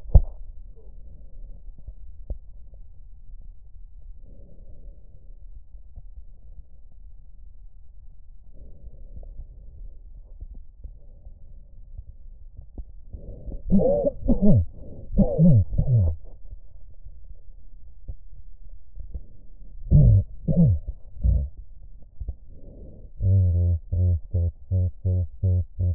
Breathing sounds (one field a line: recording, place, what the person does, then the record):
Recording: lung sounds by stethoscope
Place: left posterior basal chest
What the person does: quiet breathing, then cough and speech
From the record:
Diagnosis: none (healthy)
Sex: male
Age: 34 years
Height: 174 cm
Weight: 93 kg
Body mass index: 30.7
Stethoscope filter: extended mode